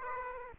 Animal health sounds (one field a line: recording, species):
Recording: mosquito wingbeat signal from an infrared sensor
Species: Aedes aegypti